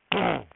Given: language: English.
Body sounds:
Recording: throat vibration sensor signal played as sound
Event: throat clearing

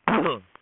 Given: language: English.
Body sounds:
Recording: throat vibration sensor signal played as sound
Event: throat clearing

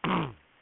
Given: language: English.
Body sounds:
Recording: throat vibration sensor signal played as sound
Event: throat clearing

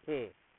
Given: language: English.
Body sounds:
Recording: throat vibration sensor signal played as sound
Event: speech

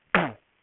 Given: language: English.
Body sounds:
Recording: throat vibration sensor signal played as sound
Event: throat clearing

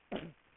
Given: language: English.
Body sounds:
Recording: throat vibration sensor signal played as sound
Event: cough

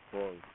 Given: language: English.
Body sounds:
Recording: throat vibration sensor signal played as sound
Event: speech

